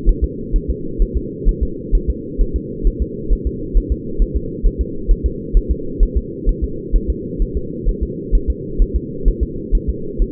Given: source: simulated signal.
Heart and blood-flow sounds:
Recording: fetal heart sounds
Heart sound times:
0.09 s: S1
0.24 s: S2
0.56 s: S1
0.70 s: S2
1.02 s: S1
1.17 s: S2
1.49 s: S1
1.63 s: S2
1.95 s: S1
2.10 s: S2
2.41 s: S1
2.56 s: S2
2.87 s: S1
3.02 s: S2
3.33 s: S1
3.47 s: S2
3.77 s: S1
3.92 s: S2
4.22 s: S1
4.36 s: S2
4.66 s: S1
4.81 s: S2
5.11 s: S1
5.26 s: S2
5.57 s: S1
5.71 s: S2
6.03 s: S1
6.17 s: S2
6.49 s: S1
6.64 s: S2
6.96 s: S1
7.10 s: S2
7.42 s: S1
7.57 s: S2
7.89 s: S1
8.03 s: S2
8.35 s: S1
8.50 s: S2
8.82 s: S1
8.96 s: S2
9.28 s: S1
9.43 s: S2
9.75 s: S1
9.89 s: S2
10.22 s: S1
From the record:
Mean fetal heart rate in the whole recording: 130 bpm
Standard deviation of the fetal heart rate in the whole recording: 2 bpm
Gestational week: 38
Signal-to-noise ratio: -4.3 dB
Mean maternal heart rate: 72 bpm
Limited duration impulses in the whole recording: absent

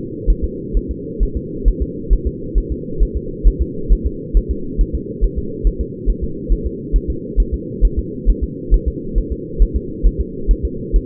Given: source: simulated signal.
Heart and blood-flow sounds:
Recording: fetal heart sounds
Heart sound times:
0.30 s: S1
0.44 s: S2
0.77 s: S1
0.91 s: S2
1.23 s: S1
1.37 s: S2
1.68 s: S1
1.82 s: S2
2.13 s: S1
2.27 s: S2
2.58 s: S1
2.72 s: S2
3.02 s: S1
3.17 s: S2
3.47 s: S1
3.61 s: S2
3.92 s: S1
4.06 s: S2
4.37 s: S1
4.51 s: S2
4.81 s: S1
4.95 s: S2
5.24 s: S1
5.38 s: S2
5.67 s: S1
5.81 s: S2
6.10 s: S1
6.24 s: S2
6.52 s: S1
6.66 s: S2
6.96 s: S1
7.10 s: S2
7.40 s: S1
7.54 s: S2
7.85 s: S1
7.99 s: S2
8.29 s: S1
8.44 s: S2
8.74 s: S1
8.88 s: S2
9.18 s: S1
9.32 s: S2
9.62 s: S1
9.76 s: S2
10.06 s: S1
10.20 s: S2
10.51 s: S1
10.65 s: S2
10.96 s: S1
From the record:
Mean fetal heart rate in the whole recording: 135 bpm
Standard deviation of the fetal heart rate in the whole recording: 3 bpm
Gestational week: 36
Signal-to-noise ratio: -4.3 dB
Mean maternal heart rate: 72 bpm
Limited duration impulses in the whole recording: absent

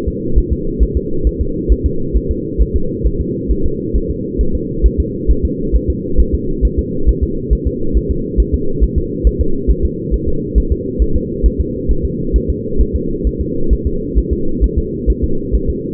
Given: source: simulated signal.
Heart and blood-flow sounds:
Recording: fetal heart sounds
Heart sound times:
0.08 s: S2
0.38 s: S1
0.53 s: S2
0.83 s: S1
0.97 s: S2
1.27 s: S1
1.41 s: S2
1.72 s: S1
1.86 s: S2
2.17 s: S1
2.31 s: S2
2.62 s: S1
2.76 s: S2
3.06 s: S1
3.21 s: S2
3.51 s: S1
3.66 s: S2
3.96 s: S1
4.10 s: S2
4.41 s: S1
4.55 s: S2
4.86 s: S1
5.00 s: S2
5.31 s: S1
5.45 s: S2
5.76 s: S1
5.90 s: S2
6.20 s: S1
6.35 s: S2
6.65 s: S1
6.79 s: S2
7.09 s: S1
7.23 s: S2
7.53 s: S1
7.67 s: S2
7.97 s: S1
8.11 s: S2
8.40 s: S1
8.54 s: S2
8.84 s: S1
8.98 s: S2
9.27 s: S1
9.41 s: S2
9.71 s: S1
9.85 s: S2
10.14 s: S1
10.28 s: S2
10.58 s: S1
10.72 s: S2
11.02 s: S1
11.16 s: S2
11.46 s: S1
11.60 s: S2
11.91 s: S1
12.05 s: S2
12.36 s: S1
12.50 s: S2
12.81 s: S1
12.96 s: S2
13.27 s: S1
13.41 s: S2
13.73 s: S1
13.87 s: S2
14.19 s: S1
14.33 s: S2
14.64 s: S1
14.78 s: S2
15.10 s: S1
15.24 s: S2
15.55 s: S1
15.69 s: S2
From the record:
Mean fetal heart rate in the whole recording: 135 bpm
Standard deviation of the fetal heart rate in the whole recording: 3 bpm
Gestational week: 34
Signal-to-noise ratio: -8.1 dB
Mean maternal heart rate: 72 bpm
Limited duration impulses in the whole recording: absent

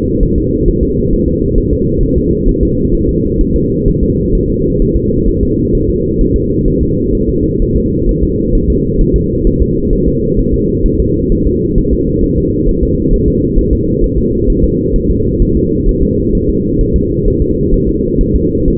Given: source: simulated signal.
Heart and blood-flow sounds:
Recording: fetal heart sounds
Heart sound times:
0.23 s: S1
0.38 s: S2
0.68 s: S1
0.83 s: S2
1.13 s: S1
1.28 s: S2
1.58 s: S1
1.73 s: S2
2.03 s: S1
2.18 s: S2
2.49 s: S1
2.63 s: S2
2.95 s: S1
3.09 s: S2
3.41 s: S1
3.56 s: S2
3.88 s: S1
4.03 s: S2
4.35 s: S1
4.50 s: S2
4.82 s: S1
4.97 s: S2
5.29 s: S1
5.43 s: S2
5.75 s: S1
5.89 s: S2
6.21 s: S1
6.36 s: S2
6.68 s: S1
6.82 s: S2
7.15 s: S1
7.29 s: S2
7.62 s: S1
7.76 s: S2
8.09 s: S1
8.23 s: S2
8.55 s: S1
8.70 s: S2
9.01 s: S1
9.16 s: S2
9.47 s: S1
9.62 s: S2
9.93 s: S1
10.07 s: S2
10.39 s: S1
10.54 s: S2
10.86 s: S1
11.00 s: S2
11.32 s: S1
11.47 s: S2
11.78 s: S1
11.93 s: S2
12.24 s: S1
12.38 s: S2
12.69 s: S1
12.83 s: S2
13.13 s: S1
13.28 s: S2
13.59 s: S1
13.73 s: S2
14.04 s: S1
14.19 s: S2
14.50 s: S1
14.64 s: S2
14.96 s: S1
15.11 s: S2
15.42 s: S1
15.57 s: S2
15.89 s: S1
16.03 s: S2
16.35 s: S1
16.50 s: S2
16.81 s: S1
16.96 s: S2
17.28 s: S1
17.42 s: S2
17.74 s: S1
17.89 s: S2
18.21 s: S1
18.35 s: S2
18.68 s: S1
From the record:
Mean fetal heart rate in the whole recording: 130 bpm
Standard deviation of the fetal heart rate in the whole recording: 4 bpm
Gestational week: 38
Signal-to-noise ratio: -10.2 dB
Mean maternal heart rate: 72 bpm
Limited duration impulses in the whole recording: present

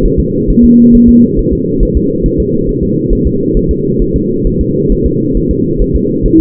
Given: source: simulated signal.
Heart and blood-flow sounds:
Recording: fetal heart sounds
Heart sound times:
0.05 s: S1
0.20 s: S2
0.50 s: S1
0.65 s: S2
0.95 s: S1
1.09 s: S2
1.39 s: S1
1.53 s: S2
1.83 s: S1
1.97 s: S2
2.26 s: S1
2.40 s: S2
2.69 s: S1
2.83 s: S2
3.13 s: S1
3.27 s: S2
3.57 s: S1
3.71 s: S2
4.02 s: S1
4.16 s: S2
4.47 s: S1
4.61 s: S2
4.92 s: S1
5.06 s: S2
5.37 s: S1
5.51 s: S2
5.82 s: S1
5.96 s: S2
6.26 s: S1
6.40 s: S2
From the record:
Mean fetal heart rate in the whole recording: 135 bpm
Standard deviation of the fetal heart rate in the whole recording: 3 bpm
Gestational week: 36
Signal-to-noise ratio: -11.2 dB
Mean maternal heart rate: 72 bpm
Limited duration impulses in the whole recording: present

